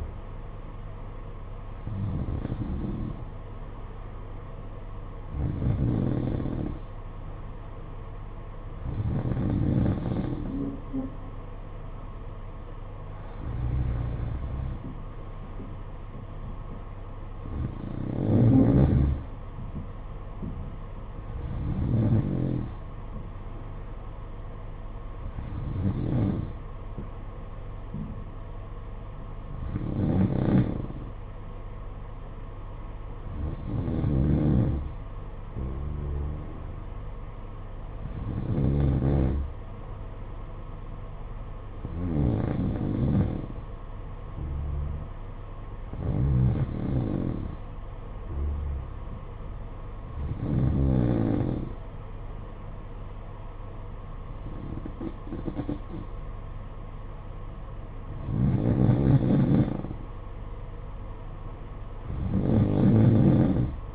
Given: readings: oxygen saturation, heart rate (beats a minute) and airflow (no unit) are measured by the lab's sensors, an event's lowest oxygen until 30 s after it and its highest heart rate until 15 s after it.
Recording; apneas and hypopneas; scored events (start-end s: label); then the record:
breathing in sleep by a smartphone at the bedside; none
none scored
From the record:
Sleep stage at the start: N2 (light sleep); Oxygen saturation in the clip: 91 to 93%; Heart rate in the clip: 52 to 56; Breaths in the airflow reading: 16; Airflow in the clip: -9.9 to 6.5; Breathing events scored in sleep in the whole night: 476 in 9.7 hours asleep